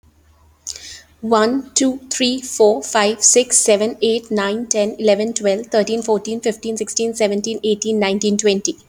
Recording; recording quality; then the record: counting at a fast pace; excellent, no background noise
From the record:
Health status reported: healthy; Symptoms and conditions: none ticked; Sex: female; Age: 30 years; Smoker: not ticked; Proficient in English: yes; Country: India